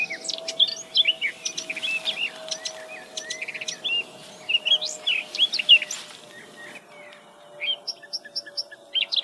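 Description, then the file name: Eurasian blackcap song: a fast, jumbled warble of chirps and whistled slurs that thins out, followed by a few high, thin repeated notes. "Sylvia atricapilla"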